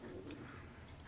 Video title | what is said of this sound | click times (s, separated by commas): The Model Ship - Part 2031 | now that's kind of locks into place there the way it's made | 0.3 s